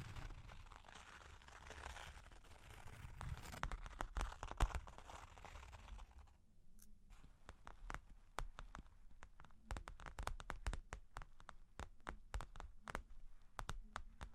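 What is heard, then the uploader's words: Long claws tap and scratch, with a dense rustling scrape for six seconds, then sharp irregular clicking taps continuing over a quieter background. Long Claws Tapping and Scratching (No Talking).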